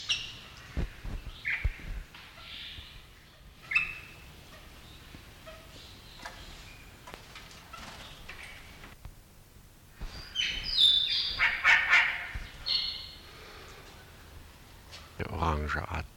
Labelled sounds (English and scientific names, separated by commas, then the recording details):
Golden Myna (Mino anais)
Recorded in captivity
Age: adult
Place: Zoo Berlin, Berlin, DE
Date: 1994-02-05 10:59
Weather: heiter bis wolkig, 0 °C, Wind
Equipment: Marantz CP 430, Sennheiser MKH 416 T, Kopie Uher Variocord 263
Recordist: Tembrock, Günter